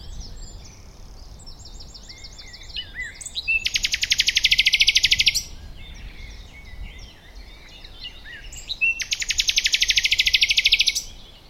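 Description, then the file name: Common nightingale singing varied phrases: quick repeated high notes, then two loud buzzy rattles, each sustained for over a second, separated by twittering notes. "Luscinia megarhynchos"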